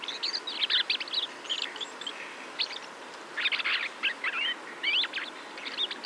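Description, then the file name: Common blackbird giving bursts of high, scratchy, chattering calls in quick clusters, with brief pauses between groups and a steady background hiss. "Turdus merula"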